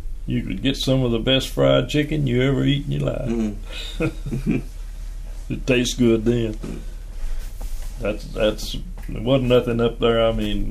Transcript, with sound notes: You would get some of the best fried chicken you’d ever eaten in your life. [Laughing] It test good then. That, that’s, there wasn’t nothing up there, I mean…